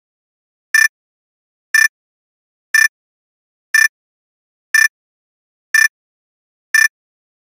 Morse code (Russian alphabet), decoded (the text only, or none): none